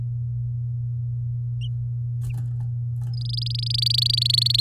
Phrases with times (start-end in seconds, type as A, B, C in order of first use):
3.13-4.61 A